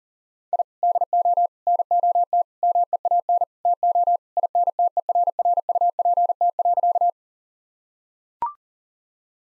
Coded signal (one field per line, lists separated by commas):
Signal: Morse code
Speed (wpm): 40 wpm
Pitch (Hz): 700 Hz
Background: none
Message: I DO NOT MEAN TO INTERRUPT.